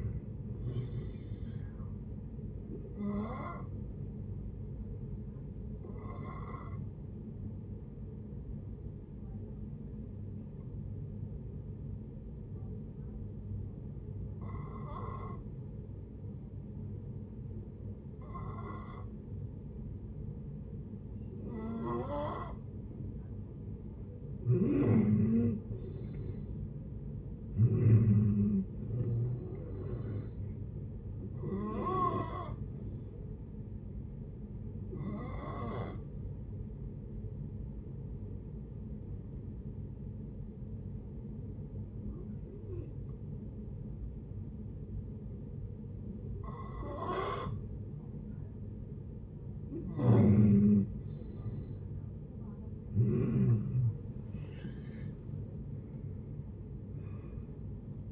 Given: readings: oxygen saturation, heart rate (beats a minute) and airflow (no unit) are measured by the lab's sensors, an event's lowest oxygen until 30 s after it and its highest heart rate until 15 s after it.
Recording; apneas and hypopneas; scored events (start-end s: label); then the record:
breathing in sleep by a smartphone at the bedside; 2
4.00-24.50 s: hypopnea (N2, oxygen 94% highest, then 86% lowest, heart rate 72 at the start, 72 highest)
35.00-52.40 s: hypopnea (N2, oxygen 94% highest, then 87% lowest, heart rate 65 at the start, 79 highest)
From the record:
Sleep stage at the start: N2 (light sleep); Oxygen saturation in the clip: 86 to 94%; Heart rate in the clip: 56 to 77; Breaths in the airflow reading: 13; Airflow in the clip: -9.0 to 13.0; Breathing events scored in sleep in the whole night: 496 in 5.4 hours asleep